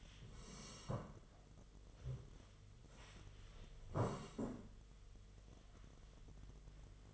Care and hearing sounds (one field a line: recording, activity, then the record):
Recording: daily activity, microphone in the room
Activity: sit down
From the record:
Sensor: 4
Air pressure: 1006.1 hPa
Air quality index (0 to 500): 103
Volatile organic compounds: 2 ppm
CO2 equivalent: 1284 ppm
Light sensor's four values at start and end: 12/28/11/10 and 12/28/11/10